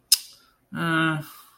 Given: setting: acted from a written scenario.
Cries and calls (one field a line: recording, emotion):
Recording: vocal sound without words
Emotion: disappointment